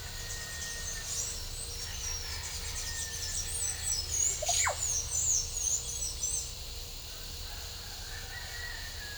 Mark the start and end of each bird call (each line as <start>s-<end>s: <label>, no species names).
1.09s-6.53s: bird call
7.64s-9.18s: bird call